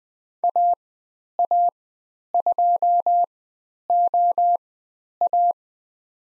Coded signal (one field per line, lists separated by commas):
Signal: Morse code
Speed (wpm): 20 wpm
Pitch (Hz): 700 Hz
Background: none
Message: AA2OA